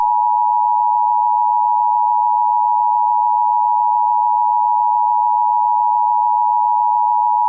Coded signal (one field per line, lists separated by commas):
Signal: Emergency Alert System (SAME) tones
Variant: 853 and 960 Hz attention tone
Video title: EAS Mock: For #PDSContestSubmission